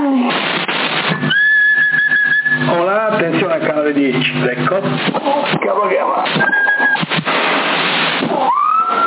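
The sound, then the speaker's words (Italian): Someone whistles a long, steady high note, then breaks into shorter wavering tones, with voices and other busy sounds mixed in; another brief whistled note comes near the end. “Chi è? Chi è? Che fischia?”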